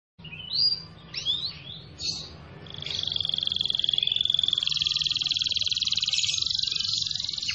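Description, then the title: Domestic canary song: a few swooping whistled notes, then a long, steady, buzzy rolled trill held from about three seconds to the end. Singing energetically (gacor). "Kenari Gacor"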